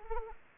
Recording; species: mosquito wingbeat signal from an infrared sensor; Anopheles arabiensis